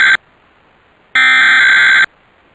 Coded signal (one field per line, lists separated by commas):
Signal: Emergency Alert System (SAME) tones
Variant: header bursts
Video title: (EAS #16) Suddenlink - Ohio's Required Monthly Test (5/11/2022)